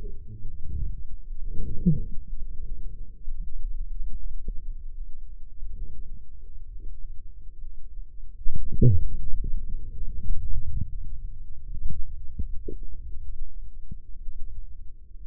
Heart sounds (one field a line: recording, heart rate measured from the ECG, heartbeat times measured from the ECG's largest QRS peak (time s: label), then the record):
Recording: heart sounds by microphone in the left ear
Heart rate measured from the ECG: 71 bpm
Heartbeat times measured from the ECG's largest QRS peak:
0.92 s: heartbeat
1.81 s: heartbeat
2.65 s: heartbeat
3.43 s: heartbeat
4.17 s: heartbeat
4.94 s: heartbeat
5.76 s: heartbeat
6.70 s: heartbeat
7.61 s: heartbeat
8.49 s: heartbeat
9.36 s: heartbeat
10.16 s: heartbeat
10.88 s: heartbeat
11.61 s: heartbeat
12.37 s: heartbeat
13.21 s: heartbeat
14.22 s: heartbeat
15.23 s: heartbeat
From the record:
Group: healthy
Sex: male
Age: 35 years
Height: 178 cm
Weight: 64 kg